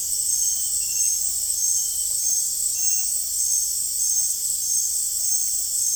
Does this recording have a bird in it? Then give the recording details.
no. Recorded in dense forest near Puerto Asís, Putumayo, Colombia, on 22 June 2025 at 19:30. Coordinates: 0.503, -76.323. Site G059